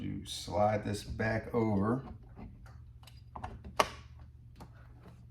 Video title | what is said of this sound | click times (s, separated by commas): 10 Year Cyclo Polisher Review - Is It Worth The Investment? | And I heard a click. | 3.8 s